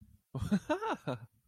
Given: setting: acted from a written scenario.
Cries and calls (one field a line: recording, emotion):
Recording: vocal sound without words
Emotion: elation